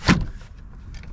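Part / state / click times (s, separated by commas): sliding side window into its lock position in the vehicle door / not seated / none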